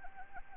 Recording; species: mosquito wingbeat signal from an infrared sensor; Anopheles arabiensis